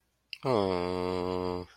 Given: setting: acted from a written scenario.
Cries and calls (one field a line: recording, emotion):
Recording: vocal sound without words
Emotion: sadness